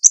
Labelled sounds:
Connecticut Warbler (Oporornis agilis) flight call

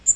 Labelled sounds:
Magnolia Warbler (Setophaga magnolia) flight call

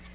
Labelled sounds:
Tennessee Warbler (Leiothlypis peregrina) flight call

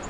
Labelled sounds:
Lucy's Warbler (Leiothlypis luciae) flight call

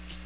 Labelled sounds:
Chestnut-sided Warbler (Setophaga pensylvanica) flight call

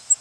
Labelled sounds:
Cape May Warbler (Setophaga tigrina) flight call

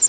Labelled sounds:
Prairie Warbler (Setophaga discolor) flight call

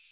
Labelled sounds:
American Redstart (Setophaga ruticilla) flight call

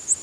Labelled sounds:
Prothonotary Warbler (Protonotaria citrea) flight call

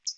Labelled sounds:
Hooded Warbler (Setophaga citrina) flight call

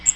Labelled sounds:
Cape May Warbler (Setophaga tigrina) flight call

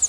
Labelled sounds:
Northern Parula (Setophaga americana) flight call

